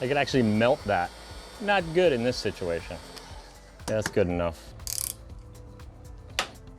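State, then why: Released. Someone talks while a home-made threaded puller, braced with a PVC spacer, is ratcheted to draw a heated, stuck steel needle bearing out of a motorcycle rear shock mount. A few short clicks come around 4.9–5.1 s, then a single sharp crack at 6.4 s as the seized bearing breaks free from its housing and starts moving.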